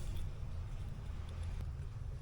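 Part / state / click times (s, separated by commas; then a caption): small part or clip fitting onto a vintage motorcycle / not seated / none. A small part or clip is handled as it is fitted onto a 1970 Suzuki TC-120 vintage trail bike during restoration. A steady low rumble fills the clip, with a brief faint higher sound around 1.3 seconds. Nothing has seated or clicked yet.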